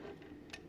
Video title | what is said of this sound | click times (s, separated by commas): Counting BHK Cells using a Coulter Counter | can push it down it locks in place you can | 0.5 s